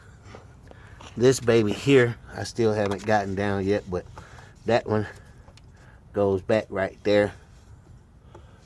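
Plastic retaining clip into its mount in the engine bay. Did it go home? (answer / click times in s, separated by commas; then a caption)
no / none. During a spark plug change on a 2008 Dodge Grand Caravan SXT 4.0 V6, a plastic retaining clip is handled and pressed back toward its mount in the engine bay while someone talks. Only faint, quiet ticks sound under the speech, and nothing has seated or clicked yet.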